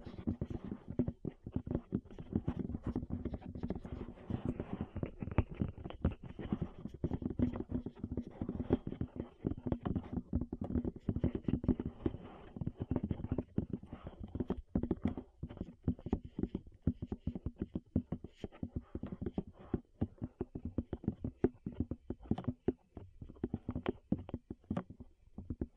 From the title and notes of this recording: ASMR Tap Your Ears 3Dio (No Talking).